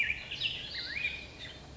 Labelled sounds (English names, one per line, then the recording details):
Warbling Vireo
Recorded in Sonoma County, California